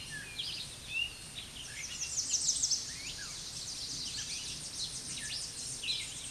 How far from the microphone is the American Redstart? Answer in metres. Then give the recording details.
about 30 m. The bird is about 15 m above the microphone. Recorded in a Pennsylvania forest on 16 May 2024 at 06:52. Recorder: AudioMoth, point MSD-2367. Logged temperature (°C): 16.0 °C. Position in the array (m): 115 m, 209 m